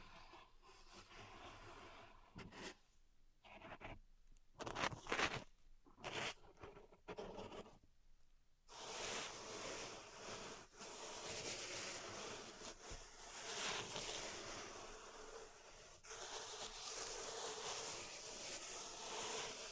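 Pink salt in a zen garden is worked with crunchy, scraping strokes. The first eight seconds bring short, separate bursts with quiet gaps between them. From about 8.5 seconds a dense, bright, steady raking sound takes over and runs without a break to the end.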